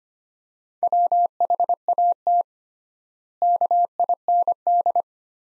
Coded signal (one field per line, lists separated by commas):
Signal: Morse code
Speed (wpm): 25 wpm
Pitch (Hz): 700 Hz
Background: none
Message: WHAT KIND